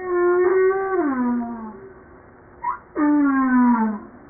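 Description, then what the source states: Humpback whale moan holding steady, then sliding downward with strong harmonics, a quick rising squeak, then a second falling tonal moan. 5 March 1994 at 09:52.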